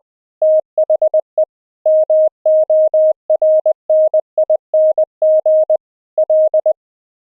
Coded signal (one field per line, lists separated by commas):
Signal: Morse code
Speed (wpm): 21 wpm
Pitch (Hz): 620 Hz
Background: none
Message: THE MORNING L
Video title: QSO morse code audio OVER the INTERNET with a friend using Gstreamer's AMR-NB audio codec